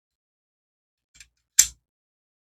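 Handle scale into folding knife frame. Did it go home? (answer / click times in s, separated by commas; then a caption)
yes / 1.6 s. The removable handle scale of a Remette Woodpecker folding pocket knife, lined up with its key holes and pins, is slid down into the knife frame. A faint tick at 1.2 s is followed by a sharp, bright snap at 1.6 s as the scale seats. The scale is snapped in place and nice and secure.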